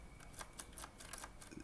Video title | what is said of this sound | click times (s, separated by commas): Comment réparer un port USB trop lâche, mou, ne clipse plus, ne retient plus, n'attache plus | Je n'ai pas de résistance, ça n'enclenche pas bien. | none